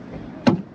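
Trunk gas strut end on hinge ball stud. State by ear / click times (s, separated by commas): seated / 0.5 s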